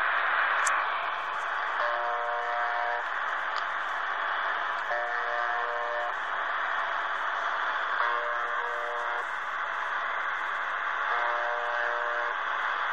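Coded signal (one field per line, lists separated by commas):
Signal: channel marker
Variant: UVB-76 (The Buzzer)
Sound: four short low harsh buzzes about three seconds apart under loud hissing static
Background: radio static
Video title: UVB-76 "The Buzzer" on 4625 khz received in Berlin, Germany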